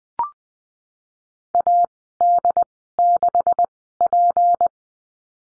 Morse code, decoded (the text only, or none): AD6P